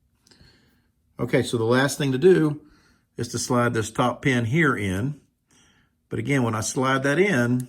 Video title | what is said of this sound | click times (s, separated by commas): S4E6: Modifying Your Glock - Easy Trigger & Slide Upgrades | And you can kind of hear a little click when those little detents get in the right place. | 0.3 s